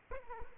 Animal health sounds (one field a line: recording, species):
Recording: mosquito wingbeat signal from an infrared sensor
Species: Aedes aegypti